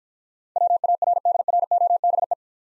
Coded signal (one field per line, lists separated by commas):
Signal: Morse code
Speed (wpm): 49 wpm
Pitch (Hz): 700 Hz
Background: none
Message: WARDROBE